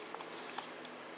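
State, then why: Seated. A coolant level sensor on a 2004 Volvo XC90 is pushed all the way into its port at the bottom of a new radiator with a plastic tank. Two short, sharp snaps are heard at 0.2 s and 0.6 s over a steady low background. The sensor is confirmed seated.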